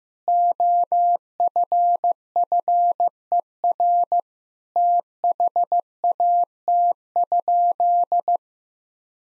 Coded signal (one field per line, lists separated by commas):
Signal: Morse code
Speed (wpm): 15 wpm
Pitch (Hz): 700 Hz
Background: none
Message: OFFER THAT?